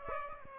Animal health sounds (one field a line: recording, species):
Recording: mosquito wingbeat signal from an infrared sensor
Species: Aedes aegypti